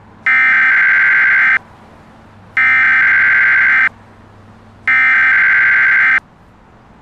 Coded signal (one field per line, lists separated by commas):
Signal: Emergency Alert System (SAME) tones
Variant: header bursts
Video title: EAS Scenario: Yukina Part 2